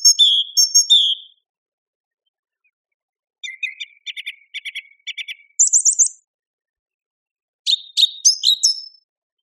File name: suara-kicauan-burung-song-thrush -omkicau